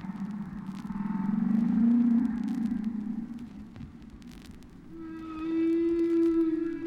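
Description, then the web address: Whale song beginning with a low wavering moan, followed by a brief lull and then a steadier, higher sustained tone with bright overtones. "KU whales"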